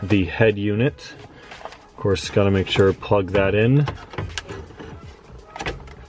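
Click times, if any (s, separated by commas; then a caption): 4.4 s. A wiring harness plug is pushed into the head unit socket of a 2003+ Saab 9-3 during cupholder and console reassembly, while someone talks. A sharp click at 4.4 s marks the connector seating, followed by a few softer handling sounds, and it is checked to be clipped in the whole way.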